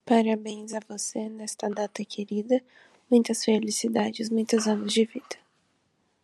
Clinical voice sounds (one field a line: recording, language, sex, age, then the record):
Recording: short text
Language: Brazilian Portuguese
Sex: female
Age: 20 to 29 years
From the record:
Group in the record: control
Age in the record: 22 years